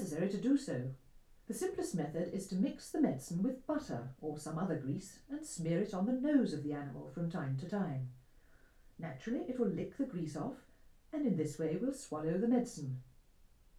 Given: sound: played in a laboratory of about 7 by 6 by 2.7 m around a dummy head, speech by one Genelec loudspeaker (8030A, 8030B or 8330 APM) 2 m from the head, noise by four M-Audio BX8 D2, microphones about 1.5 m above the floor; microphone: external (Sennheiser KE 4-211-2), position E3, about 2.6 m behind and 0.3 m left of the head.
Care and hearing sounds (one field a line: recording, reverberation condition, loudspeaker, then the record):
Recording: female speech in English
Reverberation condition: low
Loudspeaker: 120 degrees to the left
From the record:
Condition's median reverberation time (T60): about 310 ms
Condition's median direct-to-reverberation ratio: about 3.5 dB